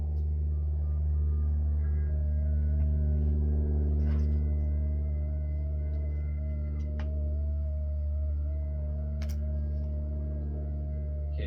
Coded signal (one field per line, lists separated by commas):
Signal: FT8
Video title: HAM RADIO PORTABLE STATION SET UP BACKYARD